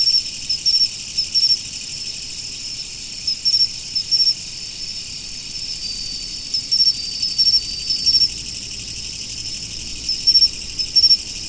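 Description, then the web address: Autumn insects in full chorus, a sustained high shrilling broken by bursts of rapid pulsed chirps, with pauses of a few seconds between the runs. "nature 01 autumn insects"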